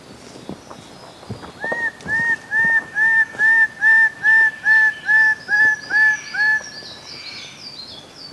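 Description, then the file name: Blue bird-of-paradise giving a steady series of about twelve clear, slightly arched nasal notes, roughly two to three a second, over soft background hiss and faint chatter. "suara cenderawasih biru paradisaea rudolphi"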